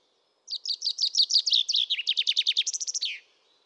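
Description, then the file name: Common chaffinch singing one strophe, runs of rapid repeated notes, ending in a short falling note. "Fringilla coelebs"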